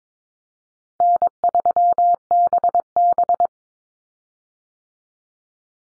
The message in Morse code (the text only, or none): N3BB